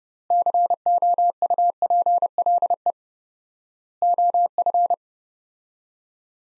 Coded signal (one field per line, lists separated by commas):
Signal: Morse code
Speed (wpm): 32 wpm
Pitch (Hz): 700 Hz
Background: none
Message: COUPLE OF